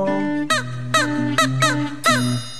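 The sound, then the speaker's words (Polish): A parrot squawks over a song, about five harsh, raspy bursts repeating in a loose rhythm above sustained musical tones, with no one talking. “To jest piosenka z papugą, która nie potrwa długo.”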